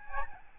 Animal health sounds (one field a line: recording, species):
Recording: mosquito wingbeat signal from an infrared sensor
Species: Aedes albopictus